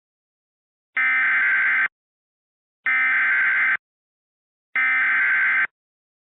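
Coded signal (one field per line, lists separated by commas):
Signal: Emergency Alert System (SAME) tones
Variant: header bursts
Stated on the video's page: Recreation of a tornado warning on a fictional cable network with a CEMS-1000 scroll; valid tones.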